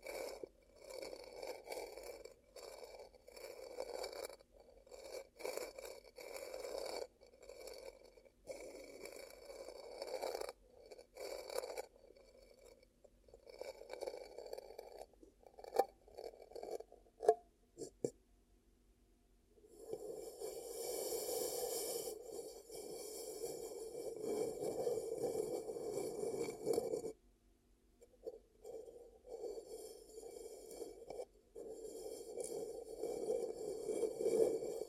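Ear cupping sounds: soft, muffled rubbing and scraping in short bursts for the first twenty seconds, with brief hard taps around fifteen to eighteen seconds. A denser, continuous rustling press follows from about 20 to 27 seconds, then gentler rubbing resumes.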